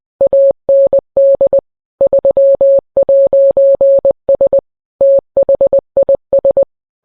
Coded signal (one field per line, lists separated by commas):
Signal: Morse code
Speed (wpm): 20 wpm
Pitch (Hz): 550 Hz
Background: none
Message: AND 3'S THIS